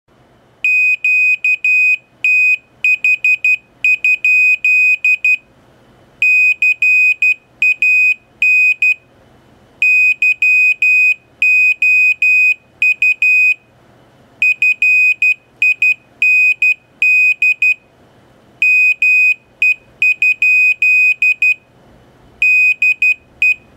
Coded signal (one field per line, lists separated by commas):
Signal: Morse code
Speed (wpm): 12 wpm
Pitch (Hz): 2500 Hz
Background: none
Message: QTH? CAN YOU FIND ME? DE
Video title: Arduino Morse Code Sender